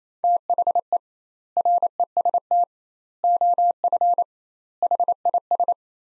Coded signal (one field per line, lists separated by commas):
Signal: Morse code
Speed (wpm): 28 wpm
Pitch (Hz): 700 Hz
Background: none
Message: THE REST OF HIS